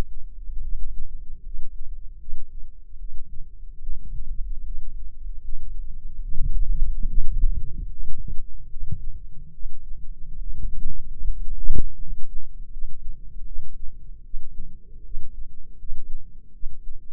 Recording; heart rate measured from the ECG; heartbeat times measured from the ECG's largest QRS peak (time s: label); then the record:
heart sounds by microphone in the left ear; 75 bpm
0.61 s: heartbeat
1.43 s: heartbeat
2.18 s: heartbeat
2.97 s: heartbeat
3.79 s: heartbeat
4.64 s: heartbeat
5.42 s: heartbeat
6.20 s: heartbeat
7.06 s: heartbeat
7.88 s: heartbeat
8.69 s: heartbeat
9.52 s: heartbeat
10.38 s: heartbeat
11.23 s: heartbeat
11.98 s: heartbeat
12.70 s: heartbeat
13.44 s: heartbeat
14.23 s: heartbeat
15.03 s: heartbeat
15.77 s: heartbeat
16.52 s: heartbeat
From the record:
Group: healthy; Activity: cold pressor test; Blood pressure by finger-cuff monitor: 105/73 mmHg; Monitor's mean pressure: 82 mmHg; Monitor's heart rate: 75 bpm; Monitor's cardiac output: 5.6 L/min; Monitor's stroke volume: 74 mL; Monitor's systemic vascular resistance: 1070 dyn s/cm5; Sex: female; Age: 22 years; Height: 160 cm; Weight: 45 kg